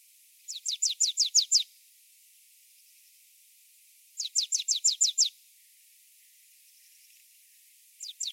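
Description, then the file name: Marsh tit repeating fast strings of about seven thin, downslurred notes, with pauses of a few seconds between strings. "Poecile palustris"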